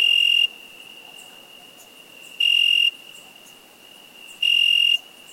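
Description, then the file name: Cricket: three strident chirps, each half a second long and two seconds apart, a quiet high-pitched tone persisting in the gaps. "Cricket insect"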